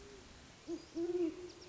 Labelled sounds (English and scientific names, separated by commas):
Great Horned Owl (Bubo virginianus)